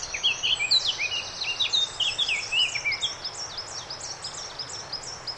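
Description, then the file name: Eurasian blackcap song: a jumbled, rapid warble of mixed whistles and twitters, followed by thinner, higher repeated notes fading out over a constant hiss. "Sylvia atricapilla"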